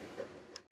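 A ribbon cable is pushed into the small connector on the tool head PCB of a Bambu Lab X1-Carbon 3D printer; these ribbon cable connectors only fit one way. Over a low, steady background, a short, sharp high tick at 0.6 s marks the connector lock clicking closed and the cable seating. A brief silence follows, then a louder burst of noise ends the clip.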